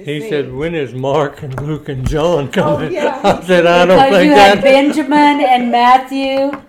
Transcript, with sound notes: He said, When is Mark and Luke and John coming?
Oh, yeah! He said--
I said, I don't think that-- (laughing)
But you had Benjamin and Matthew,